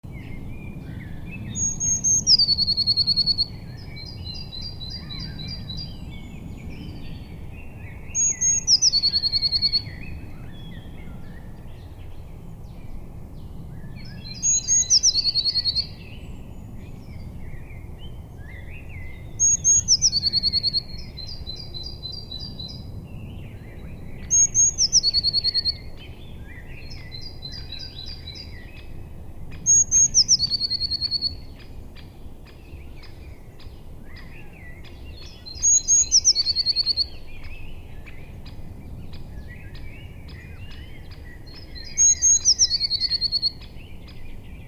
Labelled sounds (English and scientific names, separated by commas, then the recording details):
Eurasian Blue Tit (Cyanistes caeruleus) song
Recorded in the wild
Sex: male
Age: adult
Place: Bernau bei Berlin, Forst Bernau, Brandenburg, DE
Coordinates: 52.695, 13.5233
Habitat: wood
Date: 2007-04-07 19:48
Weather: fair, 10°C, almost no wind
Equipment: Sound Devices 702, Sennheiser MKH 70, Windkorb
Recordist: Frommolt, Karl-Heinz
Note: Rieselfläche bei Waldfrieden: Gesang. Entfernung 10 m. Tier sang in Pappel. Tier gesehen